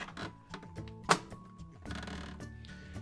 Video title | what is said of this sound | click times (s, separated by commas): Brondell Swash 1400 Bidet Seat Installation - Many Bidets - Your Bidet Expert | you can hear it snap into place this is already pretty well lined up | 1.1 s